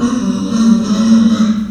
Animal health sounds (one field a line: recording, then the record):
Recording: squeal of a Yucatan mini pig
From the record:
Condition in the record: after surgery on the right vocal fold (resection and tissue-engineered implant)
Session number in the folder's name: 9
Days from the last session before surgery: 65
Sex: female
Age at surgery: 19 weeks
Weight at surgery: 25 kg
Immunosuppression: prednisolone